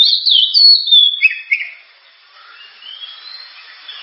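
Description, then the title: Oriental magpie-robin singing a quick series of bright, sliding whistled notes, then trailing off into soft, scattered warbles with light hiss behind. Loud, sharp song of a lively singing magpie-robin, suited for use as a lure to prompt other birds to sing. "Kacer Gacor Suara Tajam. Kacer Gacor Suara Super Kenceng Cocok untuk Pancingan"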